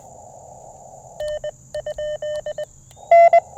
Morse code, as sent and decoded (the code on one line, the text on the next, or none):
-. ..--..
N?